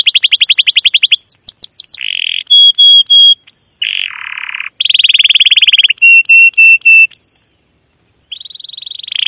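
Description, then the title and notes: Domestic canary alternating fast trills, buzzy rolls and bright whistled notes in quick succession, with a brief silence before a final soft roll. Long continuous chirping and rolling canary song, used as a lure to stimulate and tutor other canaries, including young birds learning sounds. "CUIT CUIT NGEROL LANGSUNG GACOR PANJANG Kenari Ini AMPUH Utk Pancingan KENAR. PANCINGAN Kenari GACOR PANJANG Cuit CUIT EMOSI ini AMPUH utk MASTERAN Kenari PAUD belajar BUNYI. burung kenari"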